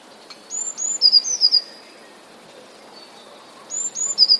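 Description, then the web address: Eurasian blue tit song: high whistled notes sliding into a short, fast trill, the phrase given twice with a pause between. "wroblowe teka spiew. wroblowe teka modraszkoteka"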